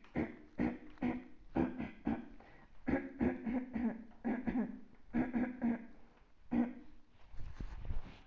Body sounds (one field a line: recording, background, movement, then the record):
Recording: throat clearing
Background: quiet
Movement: sitting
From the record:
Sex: female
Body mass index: 36.4 kg/m2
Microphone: on the chest, facing outward